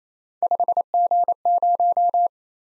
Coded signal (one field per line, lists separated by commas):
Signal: Morse code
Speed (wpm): 33 wpm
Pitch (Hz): 700 Hz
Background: none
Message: 5G0